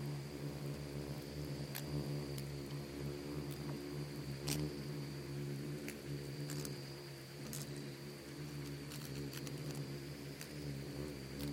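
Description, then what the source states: Insects buzzing as a swarm, a steady layered drone of low wingbeat hums with a thin constant high whine and scattered sharp ticks and clicks. Bugs and beetles swarming in the Namib desert, among the micro-sounds of a desert soundscape that seems quiet at first listen.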